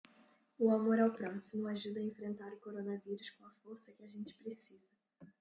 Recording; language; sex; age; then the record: spoken sentence; Brazilian Portuguese; female; 20 to 29 years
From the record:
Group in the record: control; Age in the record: 28 years